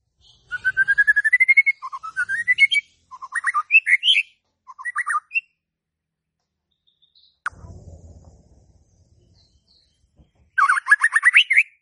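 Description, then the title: White-rumped shama song: a series of varied rising whistled phrases, a sharp click and low thump midway, then a final rapid burst. Lure (pancingan) to stimulate stressed, stalled (macet) white-rumped shamas. "PANCINGAN Murai Batu STRES & MACET"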